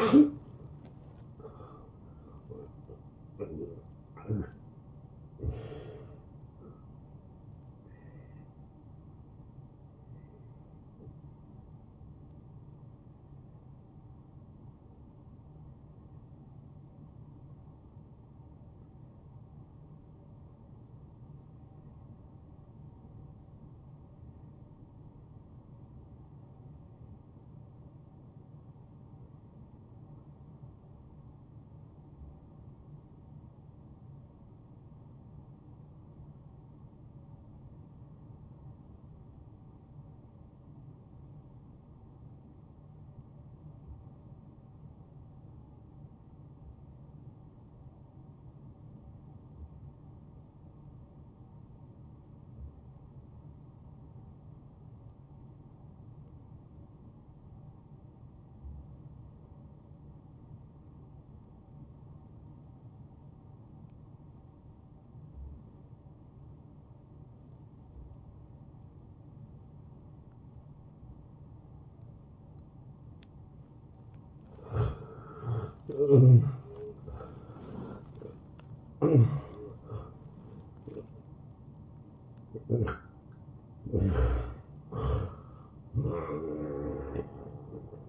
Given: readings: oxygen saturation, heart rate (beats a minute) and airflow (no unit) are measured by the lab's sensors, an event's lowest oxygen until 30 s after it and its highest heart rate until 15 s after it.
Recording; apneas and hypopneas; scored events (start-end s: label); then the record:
breathing in sleep by a smartphone at the bedside; 1
13.00-74.20 s: hypopnea (N1, oxygen 94% highest, then 81% lowest, heart rate 78 at the start, 88 highest)
21.00-81.00 s: new sleep stage, N2 (light sleep)
81.00-88.09 s: new sleep stage, N1 (lightest sleep)
From the record:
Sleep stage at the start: N1 (lightest sleep); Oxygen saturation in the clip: 86 to 95%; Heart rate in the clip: 51 to 88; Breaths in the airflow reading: 12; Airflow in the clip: -15.7 to 12.8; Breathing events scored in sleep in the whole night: 263 in 5.5 hours asleep